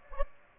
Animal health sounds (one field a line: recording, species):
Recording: mosquito wingbeat signal from an infrared sensor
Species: Aedes aegypti